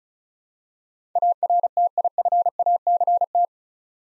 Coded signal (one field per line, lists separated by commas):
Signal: Morse code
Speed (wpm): 36 wpm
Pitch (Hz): 700 Hz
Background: none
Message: ARTIFACT